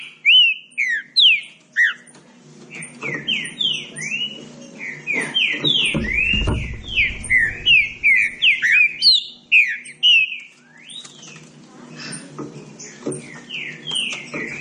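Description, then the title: Green-winged saltator song: a dense run of slurred whistled notes and high chips, with a brief low thump in the middle and a lull of scattered notes later. Classic song style (canto clássico) used as a training recording. "Canto Clássico Trinca Ferro TREINAMENTO"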